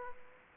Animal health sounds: mosquito wingbeat signal from an infrared sensor; Aedes aegypti

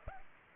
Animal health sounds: mosquito wingbeat signal from an infrared sensor; Culex pipiens

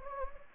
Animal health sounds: mosquito wingbeat signal from an infrared sensor; Anopheles gambiae

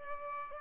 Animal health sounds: mosquito wingbeat signal from an infrared sensor; Aedes albopictus

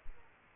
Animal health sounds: mosquito wingbeat signal from an infrared sensor; Aedes aegypti

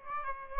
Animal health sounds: mosquito wingbeat signal from an infrared sensor; Aedes aegypti

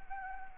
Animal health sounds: mosquito wingbeat signal from an infrared sensor; Anopheles arabiensis

